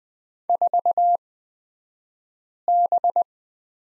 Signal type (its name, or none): Morse code